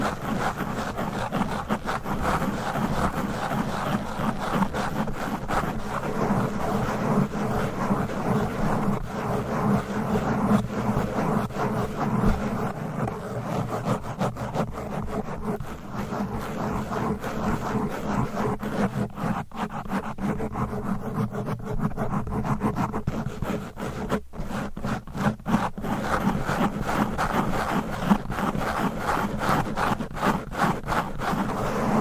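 Fast, aggressive scratching on microphones with nails and covers, a dense continuous rasping with rapid bursts and brief dropouts throughout.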